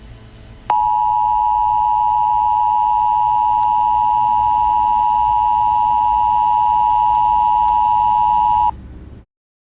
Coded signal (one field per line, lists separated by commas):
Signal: Emergency Alert System (SAME) tones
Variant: 853 and 960 Hz attention tone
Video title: EAS Scenario. The Martian Mystery